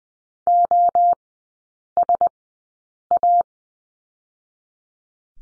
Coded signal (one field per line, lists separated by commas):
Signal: Morse code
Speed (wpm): 20 wpm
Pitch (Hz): 700 Hz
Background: none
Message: O S A